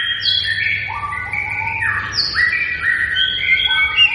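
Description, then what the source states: White-rumped shama song: layered whistled phrases sliding up and down, quick and continuous, partly over a low hum. Bird in full vigorous song; lure recording meant to draw a response from other shamas.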